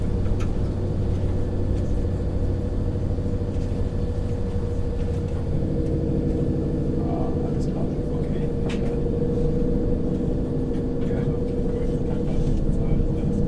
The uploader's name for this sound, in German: Zugfahrt in der Nacht